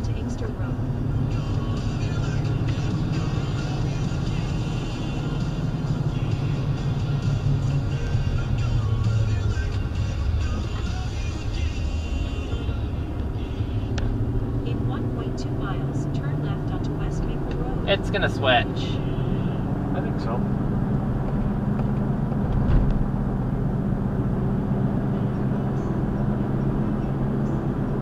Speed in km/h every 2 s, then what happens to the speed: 52, 56, 55, 45, 32, 26, 35, 44, 55, 66, 69, 69, 68, 72.
2-9 brakes to 26. 10-28 speeds up to 72.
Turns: 7-12.